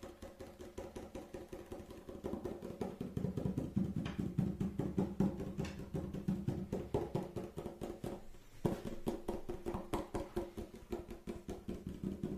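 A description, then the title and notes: Fast tapping runs through the whole recording in dense, regular strikes that blur into a steady rattling pulse, with a full, low-middle body like an idling motor. Around the eight-second mark it briefly drops out, then resumes with a sharp accent. Fast Tapping Deluxe Edition [Binaural Eargasm].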